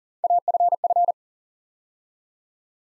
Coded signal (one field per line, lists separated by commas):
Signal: Morse code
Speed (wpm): 42 wpm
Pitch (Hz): 700 Hz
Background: none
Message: AFF